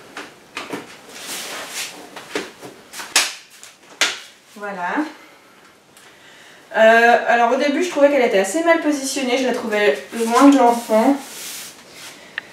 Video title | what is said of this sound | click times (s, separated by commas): Reportage Baby Jogger City tour | se clipser ici alors | 4.0 s